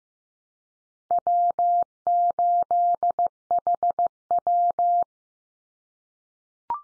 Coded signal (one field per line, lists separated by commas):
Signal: Morse code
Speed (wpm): 15 wpm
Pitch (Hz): 700 Hz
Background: none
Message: W8HW